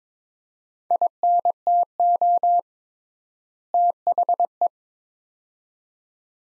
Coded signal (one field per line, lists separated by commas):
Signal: Morse code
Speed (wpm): 22 wpm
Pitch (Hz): 700 Hz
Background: none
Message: INTO THE